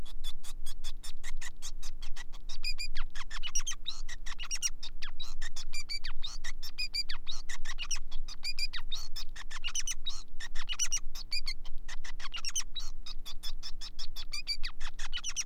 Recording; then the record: song of a male Bengalese finch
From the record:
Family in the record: son of father 5